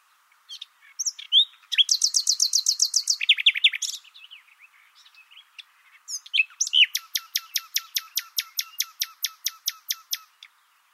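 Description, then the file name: Common nightingale song with fast rattling trills, a buzzy rolling phrase, then a long steady series of sharp repeated notes. "Luscinia megarhynchos"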